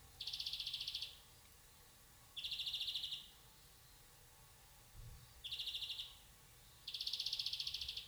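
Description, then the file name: European greenfinch giving four harsh, buzzy wheezing notes, each lasting about a second, separated by pauses. "Chloris chloris"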